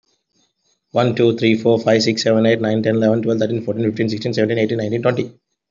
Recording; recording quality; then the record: counting at a fast pace; excellent, no background noise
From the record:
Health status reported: healthy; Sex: male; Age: 32 years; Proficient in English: yes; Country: India